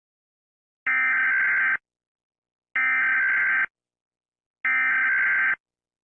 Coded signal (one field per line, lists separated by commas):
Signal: Emergency Alert System (SAME) tones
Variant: header bursts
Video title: EAS Scenario:SCP-001